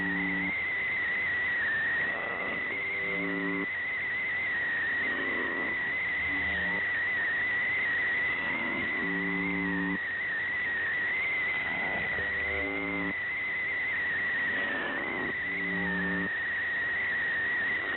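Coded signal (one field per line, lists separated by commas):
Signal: channel marker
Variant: UVB-76 (The Buzzer)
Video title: увб 76 какой-то свист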